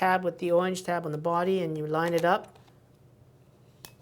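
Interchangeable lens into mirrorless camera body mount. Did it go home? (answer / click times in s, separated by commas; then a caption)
yes / 3.9 s. Someone talks while lining up the orange index tab on an interchangeable lens with the orange tab on a mirrorless camera body with an X-Trans CMOS sensor, then turns the lens in the bayonet mount. After a quiet pause, one sharp click is heard at 3.9 s as the lens locks and seats in the mount.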